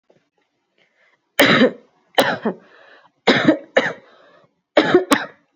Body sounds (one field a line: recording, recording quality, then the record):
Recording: heavy voluntary cough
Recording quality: excellent, no background noise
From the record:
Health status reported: healthy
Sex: female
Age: 19 years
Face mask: not worn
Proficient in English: yes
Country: India